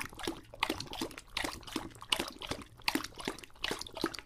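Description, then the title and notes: English Bulldog drinking with rhythmic splashy laps. Male English Bulldog named Lucho drinking from a water bowl after a long walk, breathing heavily and out of breath between drinks. "English Bulldog Drinks from Water Bowl - Weird Sounds. listen to Lucho the English Bulldog as he tries to drink water after a long walk. Don't let his heavy breathing fool you in between drinks, he's equally out of breath from the walk"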